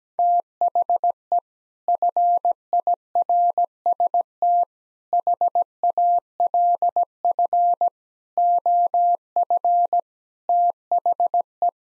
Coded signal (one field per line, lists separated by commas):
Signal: Morse code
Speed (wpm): 17 wpm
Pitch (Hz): 700 Hz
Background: none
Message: THE FIRST HALF OF THE